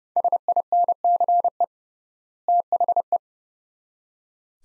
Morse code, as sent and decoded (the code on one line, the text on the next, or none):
... .. -. -.-. . / - .... .
SINCE THE